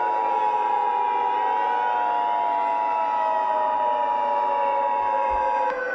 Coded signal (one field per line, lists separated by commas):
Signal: Emergency Alert System (SAME) tones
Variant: 853 and 960 Hz attention tone